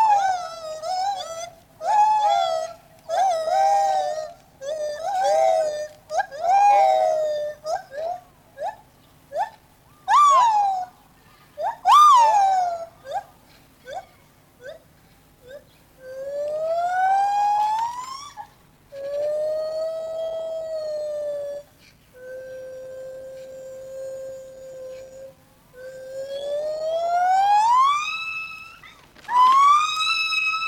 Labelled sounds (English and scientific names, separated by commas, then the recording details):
Lar Gibbon (Hylobates lar)
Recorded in captivity
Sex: pair
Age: adult
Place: Tierpark Berlin, Berlin, DE
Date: 1986-10-04
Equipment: Nagra SN, Kopie Uher 4000 Report Monitor
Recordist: Tembrock, Günter